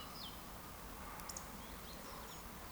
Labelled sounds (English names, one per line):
Eurasian Woodcock whistle